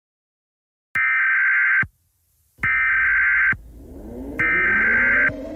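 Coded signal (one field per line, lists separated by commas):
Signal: Emergency Alert System (SAME) tones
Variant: header bursts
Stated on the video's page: Fictional EAS scenario; may or may not include valid EAS tones.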